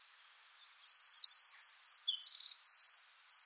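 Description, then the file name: Eurasian wren singing: a loud, fast, very high stream of rattling trills and sharp warbled notes, tumbling on without pause for three seconds. "Troglodytes troglodytes"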